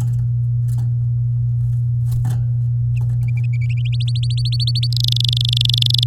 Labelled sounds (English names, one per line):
Domestic Canary song